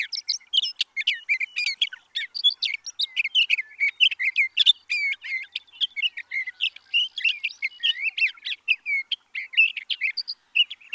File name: Sage Thrasher